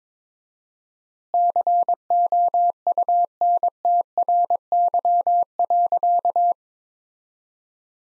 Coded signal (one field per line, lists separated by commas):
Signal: Morse code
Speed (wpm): 22 wpm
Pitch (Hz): 700 Hz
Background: none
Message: COUNTRY.